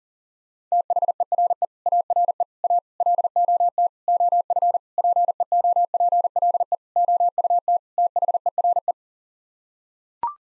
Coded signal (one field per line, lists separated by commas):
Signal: Morse code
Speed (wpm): 40 wpm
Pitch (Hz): 700 Hz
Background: none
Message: THERE ARE A LOT OF PEOPLE OUT THERE